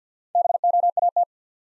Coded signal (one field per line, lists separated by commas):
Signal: Morse code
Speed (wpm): 48 wpm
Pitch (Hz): 700 Hz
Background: none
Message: BOAT